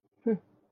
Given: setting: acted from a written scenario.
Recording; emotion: vocal sound without words; neutral